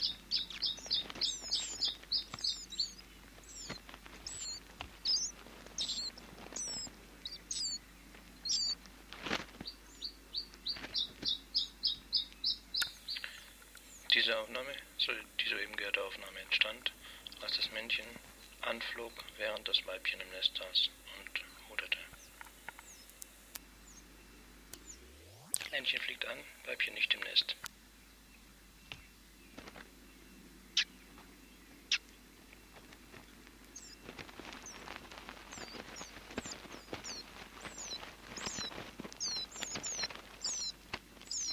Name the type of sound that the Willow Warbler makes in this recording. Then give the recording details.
call. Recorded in captivity. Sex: diverse. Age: diverse. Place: Volierenanlage, Zoologisches Institut Universität Tübingen, Baden-Württemberg, DE. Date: 1968-06-05. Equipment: Kapselmikrophon, LGS26. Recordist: Schneider, Hans-Joachim